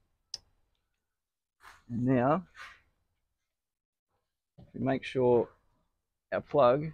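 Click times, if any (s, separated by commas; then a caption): 0.3 s. In the door of a 2008–2014 Subaru Impreza/WRX, the tweeter's wiring plug is pushed into its connector and latches with a single sharp click at 0.3 s. After that, someone talks, and the plug is seated.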